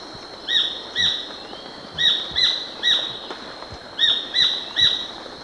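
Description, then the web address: Black-billed treehunter giving loud, harsh notes in pairs and triplets, each group separated by about a second of quiet. Recorded in Ecuador. "Natures Songs S America Birds of Ecuador Black-billed Treehunter"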